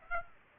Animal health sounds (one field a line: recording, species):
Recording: mosquito wingbeat signal from an infrared sensor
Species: Aedes aegypti